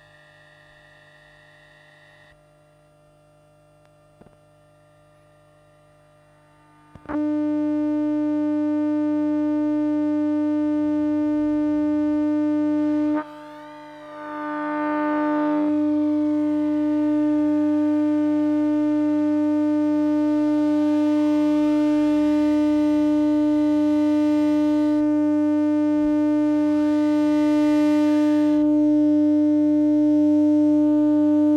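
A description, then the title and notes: Electromagnetic hum from a tram: quiet low drone, then a loud steady buzz at seven seconds, with sweeping whines rising and falling after fourteen. Electromagnetic field recording from tram number 13. Gear: LOM Elektrosluch Mini City and Zoom H2. Place: Brugata to Birkelunden Oslo, Norway.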